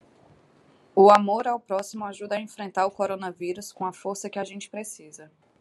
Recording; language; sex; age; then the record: spoken sentence; Brazilian Portuguese; female; 30 to 39 years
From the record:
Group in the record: control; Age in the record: 30 years